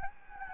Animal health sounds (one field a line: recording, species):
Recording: mosquito wingbeat signal from an infrared sensor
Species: Anopheles gambiae